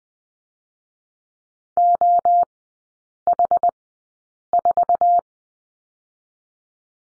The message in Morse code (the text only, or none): O H 4